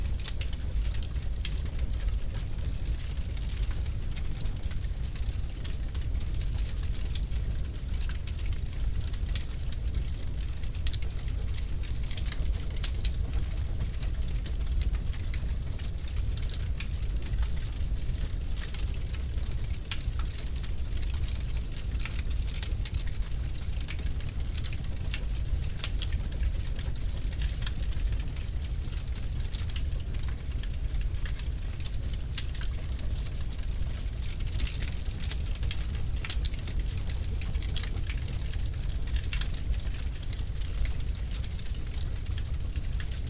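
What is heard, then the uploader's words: A fireplace burns steadily, with a deep, even roar underneath and a constant hiss above. Sharp little pops and crackles break through every second or so, scattered irregularly across the whole stretch, some brighter snaps standing out around the middle and later. Fireplace Pops Crackle.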